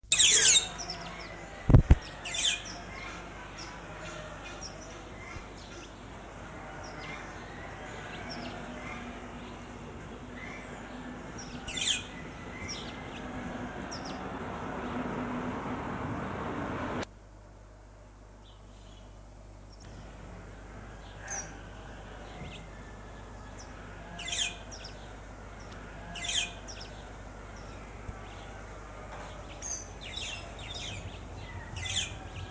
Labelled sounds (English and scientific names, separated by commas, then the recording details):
White-headed Buffalo-Weaver (Dinemellia dinemelli) call
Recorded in captivity
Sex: group
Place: Zoo Berlin, Berlin, DE
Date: 2004-05-24 14:58
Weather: overcast, 13°C
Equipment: Sony WM-D6C, Sennheiser ME 80, Kopie Uher 4000 Report Monitor
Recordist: Tembrock, Günter
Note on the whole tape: Laute in Gruppe